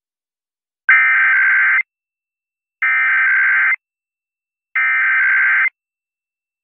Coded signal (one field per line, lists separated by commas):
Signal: Emergency Alert System (SAME) tones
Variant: header bursts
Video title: COVID-19 ISOLATION ALERTS PART 2... (EAS ALERTS 3856-3869 FROM 10/11/22-10/15/22)